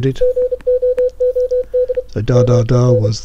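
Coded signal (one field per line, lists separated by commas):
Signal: Morse code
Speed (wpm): 30 wpm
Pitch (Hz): 500 Hz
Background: speech, radio noise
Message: GOOD MEN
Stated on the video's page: Morse received through a basic microphone into an ESP32 real-time decoder.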